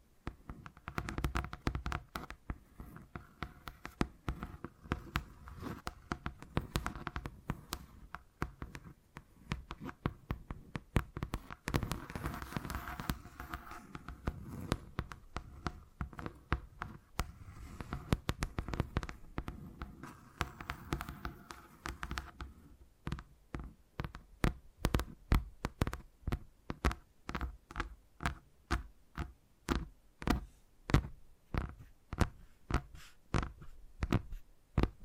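Close, crisp tapping fills the first two-thirds in quick, dense, uneven bursts with a soft rustly undertone. Around twenty-three seconds it thins into separate sharp, bright taps at a steadier pace, with short quiet gaps between them.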